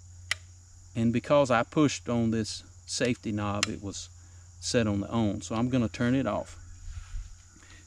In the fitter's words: here the anti- dry fire engage